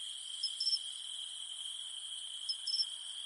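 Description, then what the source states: Continuous shrill cicada hum, with two quick chirp bursts standing out against the steady drone. In the mountains at night; only the humming of cicadas remains.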